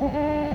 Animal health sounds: contact call of a hoofed animal; goat; low-frequency (closed-mouth) or high-frequency (open-mouth) call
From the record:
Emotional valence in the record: negative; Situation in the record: short social isolation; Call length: 0.55 s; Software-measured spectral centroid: 1250 Hz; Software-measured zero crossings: 1260 a second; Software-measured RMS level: -24 dBFS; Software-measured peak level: -13 dBFS

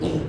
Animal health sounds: contact call of a hoofed animal; pig; closed-mouth grunt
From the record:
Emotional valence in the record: negative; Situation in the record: short social isolation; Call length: 0.28 s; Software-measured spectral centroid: 1790 Hz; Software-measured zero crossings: 940 a second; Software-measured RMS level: -24 dBFS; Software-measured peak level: -13 dBFS

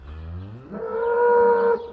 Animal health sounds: contact call of a hoofed animal; cattle; low-frequency (closed-mouth) or high-frequency (open-mouth) call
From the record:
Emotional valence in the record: negative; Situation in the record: full separation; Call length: 2.0 s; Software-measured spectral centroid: 920 Hz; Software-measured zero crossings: 820 a second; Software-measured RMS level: -22 dBFS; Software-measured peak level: -9 dBFS

